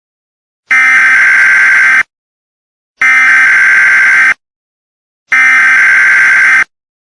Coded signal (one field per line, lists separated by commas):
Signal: Emergency Alert System (SAME) tones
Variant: header bursts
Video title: THE CREATURE EAS SCENARIO REMASTERED FULL SCENARIO